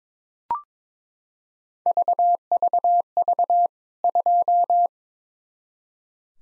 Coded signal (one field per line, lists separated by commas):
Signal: Morse code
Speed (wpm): 22 wpm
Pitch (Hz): 700 Hz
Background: none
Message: VVV 2